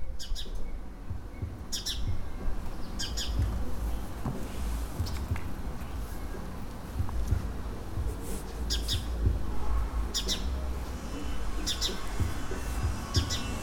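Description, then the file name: House sparrow chirps, short doubled notes repeated irregularly every second or two over a steady low rumble of background noise. "Passer domesticus"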